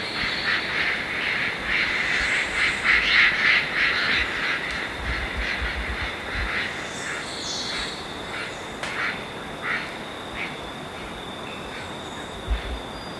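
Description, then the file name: St. Vincent amazon making loud, raucous squawks in a fast series during the first five seconds, then scattered calls, with a constant shrill insect tone behind. "st vincent parrot"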